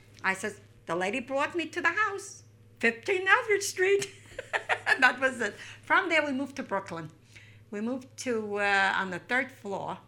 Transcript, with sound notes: ." I says, "The lady brought me to the house, 15 Eldridge Street." ( she laughs ) And that was it. From there we moved to Brooklyn. We moved to, on the third floor,